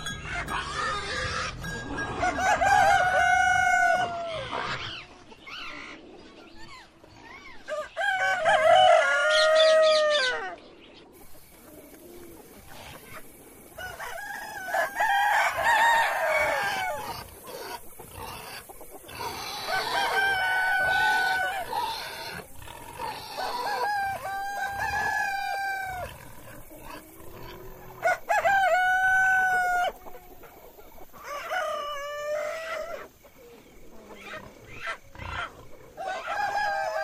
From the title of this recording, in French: A la ferme avec ses animaux